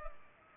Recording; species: mosquito wingbeat signal from an infrared sensor; Culex pipiens